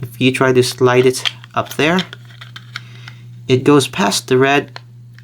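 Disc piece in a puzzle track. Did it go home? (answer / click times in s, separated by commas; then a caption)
no / none. An orange plastic disc in a puzzle track is slid up past the red disc while someone talks, with a few faint ticks of handling in the pause between the speech. The disc has not snapped into position yet; nothing has seated or clicked.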